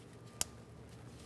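An ABS sensor wire bracket clip on a 2005-2010 Dodge Dakota is pushed into its suspension mounting hole and locked during an upper control arm replacement. A single sharp, bright click sounds at 0.4 s over faint background noise. The clip is seated and completely secured.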